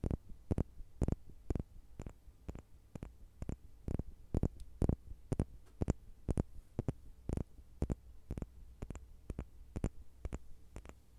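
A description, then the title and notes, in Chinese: Light tapping repeats in a steady rhythm, about two taps per second, each a short, sharp knock with a thudding low end. The pattern runs evenly for the whole length, a few taps slightly louder than others, over a faint low hum between them. 轻微敲击声。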